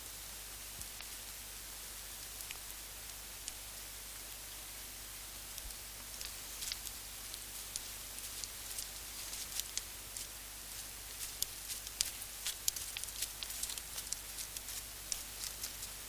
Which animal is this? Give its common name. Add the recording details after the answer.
Reindeer. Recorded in captivity. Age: adult. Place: Tiergarten Nürnberg, Bayern, DE. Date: 1998-11-12 17:45. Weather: overcast, ca. 2-3°C. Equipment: Sony MD-WM MZ-R3, Sennheiser MKH 416 T, Kopie Uher 4000 Report Monitor. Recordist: Tembrock, Günter